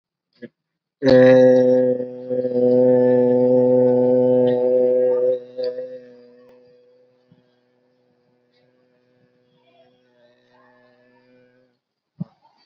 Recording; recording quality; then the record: sustained vowel as in made; excellent, no background noise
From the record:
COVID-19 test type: RT-PCR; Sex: male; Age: 18 years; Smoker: no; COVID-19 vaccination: both doses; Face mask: worn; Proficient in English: yes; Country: India